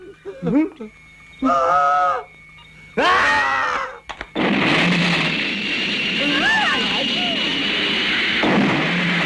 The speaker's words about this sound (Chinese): 走啦！ 快啲匿埋啊！炸弹就嚟爆炸啦！ 又爆啦！